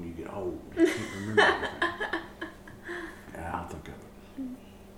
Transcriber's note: laughter